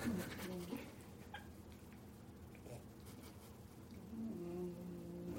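Quiet, low, buzzing snore sounds from a sleeping bulldog, with soft nasal whistling tones at the start and end and no steady rhythm. This is ordinary sleep snoring in a flat-faced breed, set against faint room noise.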